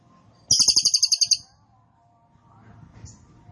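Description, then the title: Cililin song: a single quick series of high, buzzy chattering notes lasting about a second, then faint background sounds and a brief chirp. Cililin song recorded for training caged birds; the bird is described as singing energetically in a non-stop 'trorol' trilling style. "Cililin AMPUH"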